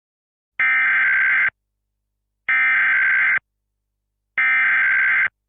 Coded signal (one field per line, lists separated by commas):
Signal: Emergency Alert System (SAME) tones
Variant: header bursts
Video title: EAS SCENARIO the invasion of green isles part 1